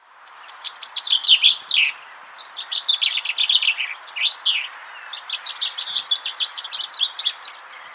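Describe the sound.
Common chaffinch singing three bright, fast phrases of sharp notes, separated by brief gaps.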